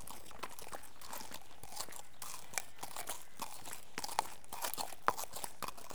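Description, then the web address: Horse footsteps, crunching hoof falls on gravel with gritty scraping between steps. Horse walking on a muddy gravel track. "BBC Sound Effects Library BBC Animals and Birds Horse Walks On Muddy Gravel Track"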